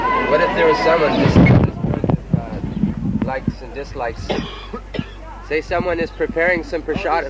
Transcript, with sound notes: What if there is someone... This... [static] ...likes and dislikes. Say, someone is preparing some prasādam...